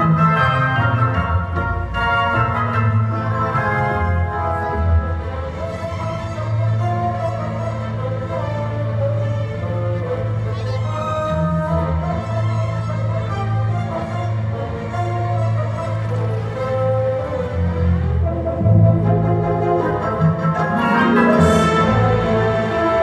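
Theme park sounds: continuous music plays throughout, with a steady, heavy bass line that shifts between held notes and brighter melodic tones above. Loudness stays even for the whole stretch, with a slight swell near the end and no clear pauses.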